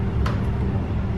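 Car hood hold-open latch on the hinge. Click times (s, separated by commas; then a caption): 0.3 s. A Mercedes-Benz hood, with its release pressed, is lifted to full height and then lowered a little until the metal hood-hold latch on the hinge clicks locked at 0.3 s, a short bright snap over steady low rumble. The latch is seated and holds the hood up.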